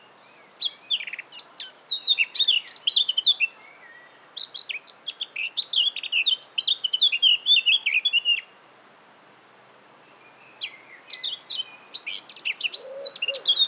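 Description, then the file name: Eurasian Blackcap song: rich, rapid warbling phrases of chattering and fluted notes, two phrases running several seconds, a pause, then singing again near the end. "Sylvia atricapilla"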